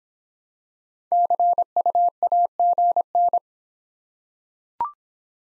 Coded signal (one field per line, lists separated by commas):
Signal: Morse code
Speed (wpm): 25 wpm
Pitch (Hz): 700 Hz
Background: none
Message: CU AGN